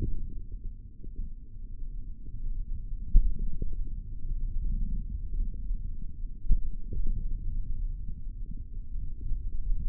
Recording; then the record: forearm muscle sounds (acoustic myography)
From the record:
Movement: hand opening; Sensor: system 3, bracelet of six PUI Audio POM-2738L microphones around the upper forearm, with dedicated amplification and filtering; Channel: 3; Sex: male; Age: 23 years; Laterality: right